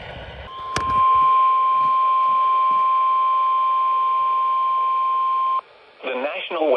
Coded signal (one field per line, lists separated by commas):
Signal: Emergency Alert System (SAME) tones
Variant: 1050 Hz attention tone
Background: speech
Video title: CATCHING UP ON ALERTS - EAS Alerts from May 2025 (EAS #567 - 581)